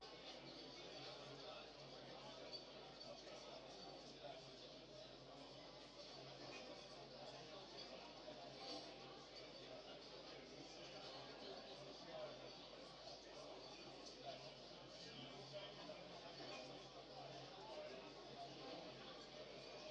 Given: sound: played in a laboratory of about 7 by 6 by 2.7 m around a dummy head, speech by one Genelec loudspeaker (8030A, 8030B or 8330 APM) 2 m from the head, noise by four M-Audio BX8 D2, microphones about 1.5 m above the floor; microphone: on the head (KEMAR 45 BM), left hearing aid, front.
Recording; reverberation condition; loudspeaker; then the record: cafeteria noise; low; four, about 170 cm from the corners of the room and facing them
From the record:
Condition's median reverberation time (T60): about 310 ms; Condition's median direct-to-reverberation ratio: about 3.5 dB